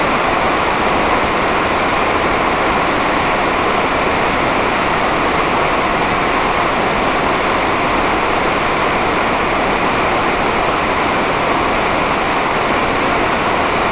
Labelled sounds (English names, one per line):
none